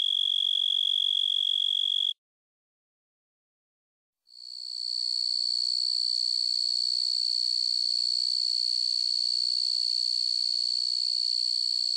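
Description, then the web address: Blackhorned tree cricket song: a steady, high, unbroken trill, cut by about two seconds of silence, then resuming slightly higher in pitch and continuing evenly to the end. "Crickets and Katydids. Blackhorned Tree Cricket, Oecanthus nigricornis"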